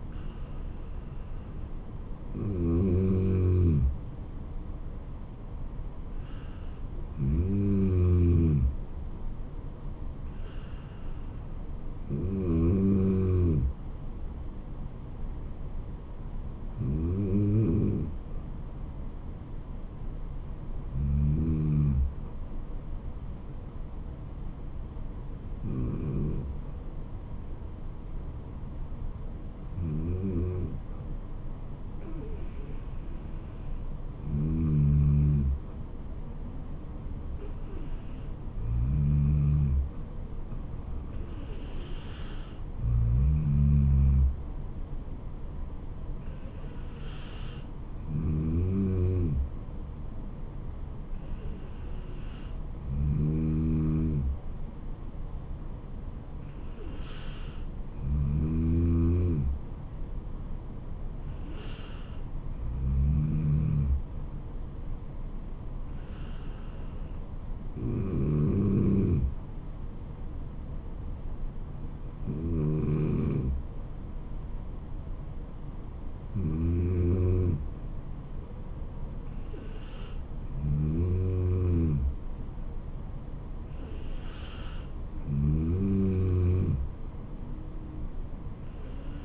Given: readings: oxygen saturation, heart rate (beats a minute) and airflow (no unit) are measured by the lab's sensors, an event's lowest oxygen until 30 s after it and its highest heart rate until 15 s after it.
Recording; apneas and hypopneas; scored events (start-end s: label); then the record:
breathing in sleep by a smartphone at the bedside; none
7.00-67.00 s: new sleep stage, N3 (deep sleep)
67.00-89.24 s: new sleep stage, N2 (light sleep)
From the record:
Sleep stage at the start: N2 (light sleep); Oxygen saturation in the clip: 93 to 95%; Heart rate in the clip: 64 to 76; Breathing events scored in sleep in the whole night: 426 in 7.4 hours asleep